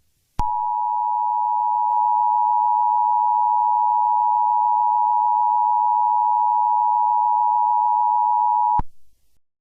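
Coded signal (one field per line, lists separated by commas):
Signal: Emergency Alert System (SAME) tones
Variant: 853 and 960 Hz attention tone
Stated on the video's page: Valid EAS tones used in a fictional animated series episode.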